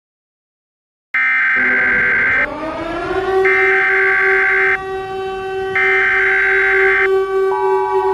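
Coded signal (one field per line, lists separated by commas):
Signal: Emergency Alert System (SAME) tones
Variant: header bursts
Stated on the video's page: Fictional simulated EAS scenario alert.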